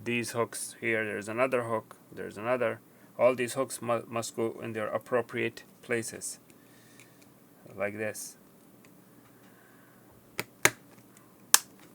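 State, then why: Seated. Someone talks while pressing the two plastic housing halves of an HME HS6100/HS6200/HS6300 (ClearCom WH210/WH310) wireless drive-thru headset together so the shell's hooks engage the other half. After the talking stops, sharp plastic snaps ring out at 10.4, 10.7 and 11.5 seconds as the housing snaps back into place.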